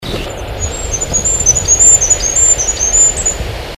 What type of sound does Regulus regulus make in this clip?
song